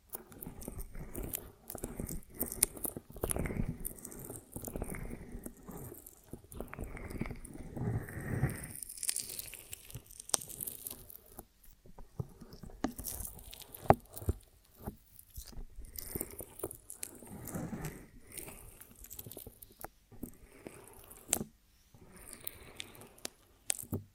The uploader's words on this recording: ASMR of a Honeycomb on Branch (No Talking).